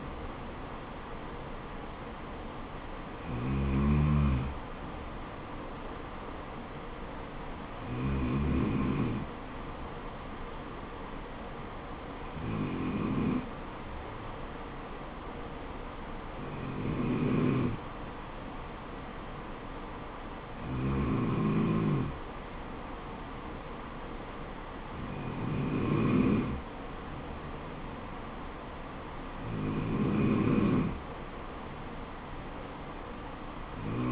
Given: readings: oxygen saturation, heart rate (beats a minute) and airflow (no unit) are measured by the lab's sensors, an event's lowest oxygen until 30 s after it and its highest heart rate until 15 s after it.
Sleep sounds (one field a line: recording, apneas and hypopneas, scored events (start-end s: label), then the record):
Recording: breathing in sleep by a voice recorder at the bedside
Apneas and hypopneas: none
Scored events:
none scored
From the record:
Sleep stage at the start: N2 (light sleep)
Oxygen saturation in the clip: 93 to 94%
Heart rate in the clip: 64 to 72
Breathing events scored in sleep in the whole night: 426 in 7.4 hours asleep